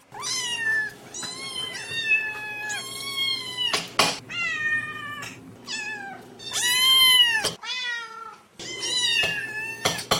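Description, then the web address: Cats meowing, several harmonic meows in quick succession, some rising then falling, others flat and drawn out, with a steady low hum underneath. Kittens and cats meowing. "Hard Songs Megapack Volume 13. Kittens And Cats Meowing"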